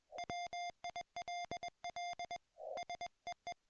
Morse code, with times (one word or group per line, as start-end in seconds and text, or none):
0.2-2.4 WILL
2.8-3.5 SEE